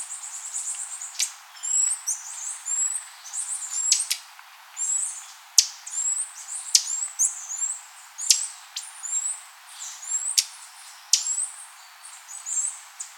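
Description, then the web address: Bird calls: rapid high chirps and sharp downward-slurred notes in dense bursts, continuing throughout. "BIRD 2015 SABIOD 50 bird 2015"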